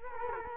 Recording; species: mosquito wingbeat signal from an infrared sensor; Culex quinquefasciatus